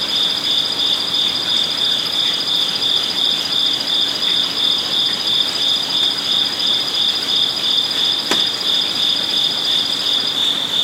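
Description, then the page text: Crickets chirping in a steady high pulsed trill, rapid even pulses with a second fainter high band, one brief click late on. Crickets at night in a zen garden with a koi pond, Kyoto, Japan; outdoor ambience. "Zen Garden Night Crickets Japan. amb crickets koipond Kyoto zen garden night Japan: Zen garden, Kyoto, Japan. Koi pond, crickets ambience, night time, Japanese. Oriental outdoor ambience"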